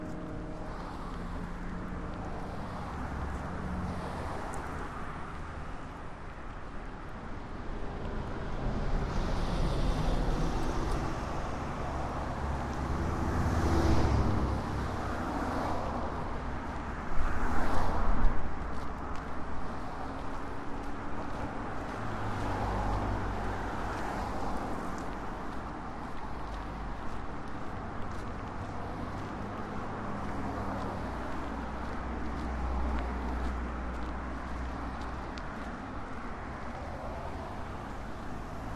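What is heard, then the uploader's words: A walk through Marpole, with a steady wash of street noise and the low rumble of passing cars throughout. Traffic swells around ten to fifteen seconds, and a sharper knock or clatter stands out near eighteen seconds before the sound settles back to an even hum. Soundwalk: A walk through Marpole. The southern tip of Marpole is a gateway into the lower mainland and intersects important nodes of transportation by land, air and water.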